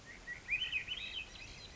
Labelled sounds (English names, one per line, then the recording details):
Swainson's Thrush
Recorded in Sonoma County, California